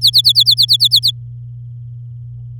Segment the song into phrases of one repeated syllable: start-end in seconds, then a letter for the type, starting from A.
0.01-1.11 A